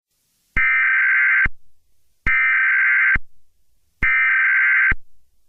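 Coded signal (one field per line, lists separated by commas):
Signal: Emergency Alert System (SAME) tones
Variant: header bursts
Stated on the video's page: Fictional scenario alert about Smile Dog.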